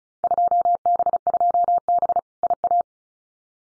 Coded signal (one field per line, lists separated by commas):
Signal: Morse code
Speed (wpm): 36 wpm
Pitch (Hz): 700 Hz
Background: none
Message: 2B2B IA